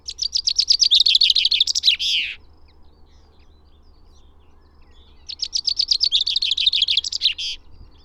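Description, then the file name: Common chaffinch song: two bright, rapid trilled phrases, each about two seconds long, with a pause of about three seconds between them; the first ends in a falling flourish. "Fringilla coelebs"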